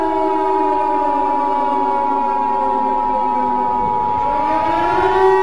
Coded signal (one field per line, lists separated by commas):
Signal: Emergency Alert System (SAME) tones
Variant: 853 and 960 Hz attention tone